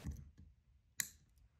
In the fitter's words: this prints as a separate part and then by compressing the spring you can snap it into place on the adapter